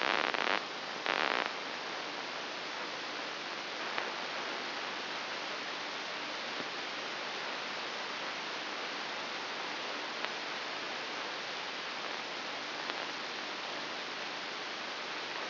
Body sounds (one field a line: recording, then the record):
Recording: brain microelectrode recording played as sound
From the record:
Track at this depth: inside the subthalamic nucleus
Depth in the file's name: 4.002 mm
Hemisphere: right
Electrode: 3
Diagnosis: Parkinson's disease